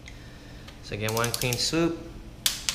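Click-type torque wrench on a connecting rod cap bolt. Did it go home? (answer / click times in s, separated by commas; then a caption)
yes / 2.5 s. A click-type torque wrench tightens the second connecting rod cap bolt to 20 ft-lb in one clean swoop during a 4AGE 16v rebuild while someone talks. The wrench gives a sharp click at 2.5 s, followed by a second, softer click at 2.7 s, confirming the bolt has reached the set torque.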